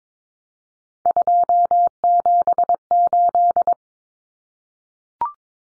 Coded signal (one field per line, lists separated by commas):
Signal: Morse code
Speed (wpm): 22 wpm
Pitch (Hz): 700 Hz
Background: none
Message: 278